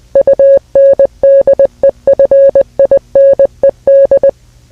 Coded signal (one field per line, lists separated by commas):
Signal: Morse code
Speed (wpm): 20 wpm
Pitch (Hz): 550 Hz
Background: music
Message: UNDEFINED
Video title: NK-USA Nuclear War [EAS Scenario] {Old}